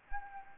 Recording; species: mosquito wingbeat signal from an infrared sensor; Anopheles arabiensis